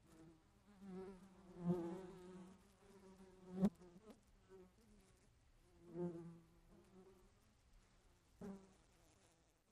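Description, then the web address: Fly giving uneven low buzzing bursts, some loud swells, with two sharp clicks cutting through. "flies"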